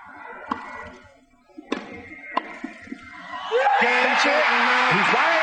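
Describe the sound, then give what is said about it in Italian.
A few sharp tennis ball strikes and thuds, then John McEnroe's loud, sustained scream of triumph as he wins on match point against Borg on English grass. It rises over a roaring crowd, the voice wavering in pitch as the cheering continues to the end. “L'urlo che avete sentito è quello di John McEnroe.”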